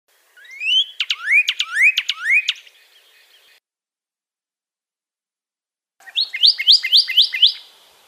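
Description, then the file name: Pyrrhuloxia song: a run of loud, slurred rising whistles, then a pause and a second burst of quick, sharper upslurred notes. Compilation of several recordings. "kompilasi suara burung pyrrhuloxia omkicau"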